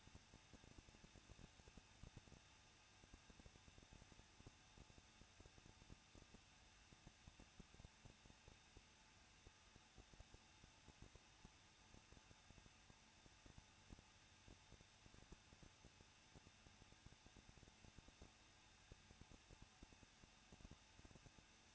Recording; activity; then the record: daily activity, microphone in the room; no activity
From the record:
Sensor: 2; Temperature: 21.0 degrees Celsius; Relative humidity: 37.5%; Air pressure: 1006.2 hPa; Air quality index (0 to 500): 224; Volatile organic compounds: 25 ppm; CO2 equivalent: 2844 ppm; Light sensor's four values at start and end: 2/3/2/2 and 2/3/2/2